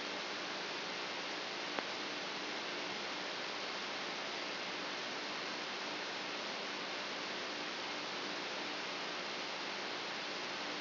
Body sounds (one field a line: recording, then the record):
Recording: brain microelectrode recording played as sound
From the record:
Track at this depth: inside the subthalamic nucleus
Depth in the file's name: 2.434 mm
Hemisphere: left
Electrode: 3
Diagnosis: Parkinson's disease